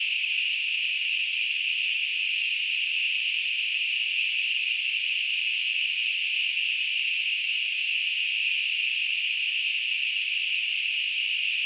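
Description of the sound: A steady, high-pitched hiss centred in a narrow band around 2–3 kHz holds unchanged for about 12 seconds, with no pauses or rhythm. It is a simulation of tinnitus, the constant noise a person with tinnitus perceives in the ears.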